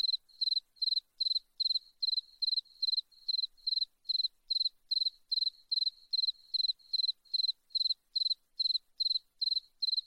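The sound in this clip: Cricket song of short, high, evenly spaced chirps, each a quick pulse train, repeating roughly two to three times per second without pause.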